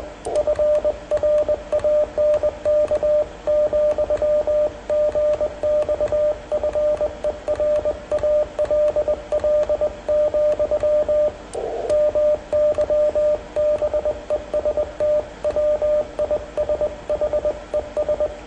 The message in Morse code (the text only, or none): FRANK, GX FER ALL, MY BEST WISHES